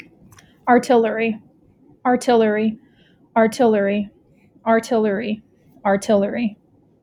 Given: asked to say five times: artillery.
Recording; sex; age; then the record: repeated word; female; 20 to 29 years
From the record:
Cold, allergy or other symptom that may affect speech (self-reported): no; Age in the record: 25 years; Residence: Texas, United States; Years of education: 16